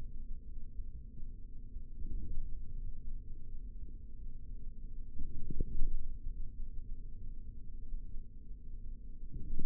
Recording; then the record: forearm muscle sounds (acoustic myography)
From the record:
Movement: forearm supination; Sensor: system 3, bracelet of six PUI Audio POM-2738L microphones around the upper forearm, with dedicated amplification and filtering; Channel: 3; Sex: male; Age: 25 years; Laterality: right